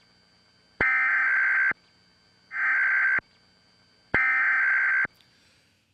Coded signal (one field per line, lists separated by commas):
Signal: Emergency Alert System (SAME) tones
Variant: header bursts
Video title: Obama Launches Total Takeover of Media Emergency Alert System.mp4